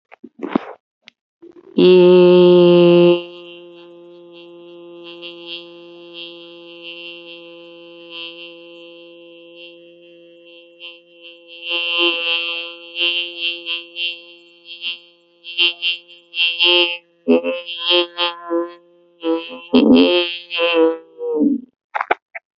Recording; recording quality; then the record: sustained vowel as in made; excellent, no background noise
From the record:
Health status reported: healthy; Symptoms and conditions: none ticked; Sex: female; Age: 30 years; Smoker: not ticked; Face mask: not worn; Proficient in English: yes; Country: India